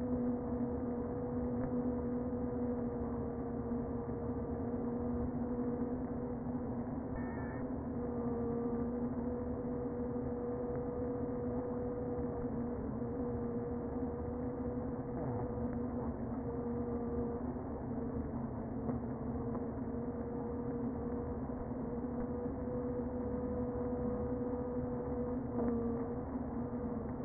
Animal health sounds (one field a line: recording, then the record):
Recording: honeybee colony, microphone inside the hive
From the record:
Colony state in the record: queen present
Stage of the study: before two queens were removed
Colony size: about 60,000 bees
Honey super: yes